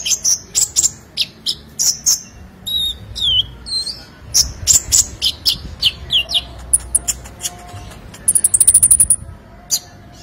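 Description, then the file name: Sunbird song: rapid high chirps and sharp ticks, with whistled downslurs and a fast buzzy trill near the end. "Kolibri Lebah"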